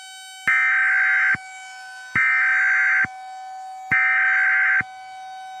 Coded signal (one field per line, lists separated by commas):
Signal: Emergency Alert System (SAME) tones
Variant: header bursts